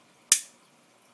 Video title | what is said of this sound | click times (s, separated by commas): 1911 Airsoft Field Strip | it'll be like this so just push this little piece in here and you should hear a click | 0.3 s